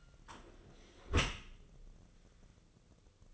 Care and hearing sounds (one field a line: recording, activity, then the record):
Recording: daily activity, microphone in the room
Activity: close dishwasher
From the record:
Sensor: 4